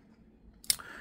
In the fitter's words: like oh my God yeah it's just it just makes a little click when you close the blade